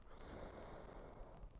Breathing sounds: one breath near a microphone; inhalation

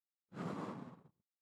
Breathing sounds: one breath near a microphone; exhalation

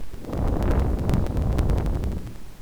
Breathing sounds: one breath near a microphone; exhalation

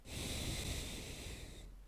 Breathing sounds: one breath near a microphone; exhalation

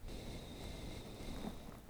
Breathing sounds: one breath near a microphone; exhalation

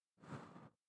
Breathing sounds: one breath near a microphone; exhalation

